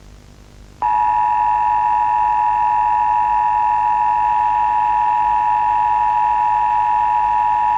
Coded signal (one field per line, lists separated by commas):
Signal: Emergency Alert System (SAME) tones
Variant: 853 and 960 Hz attention tone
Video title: Starling | Emergency Alert